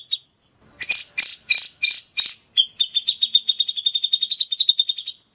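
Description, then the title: Grey-cheeked bulbul giving five harsh buzzy notes about a third of a second apart, followed by a fast, even trill of chattering notes. Female. "Cucak Jenggot Betina"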